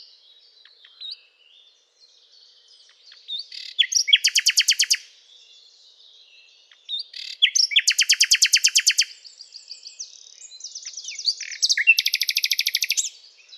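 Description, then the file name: Common nightingale song with soft introductory notes building into loud, fast, buzzing trills, repeated in three bursts roughly four seconds apart. "Luscinia megarhynchos"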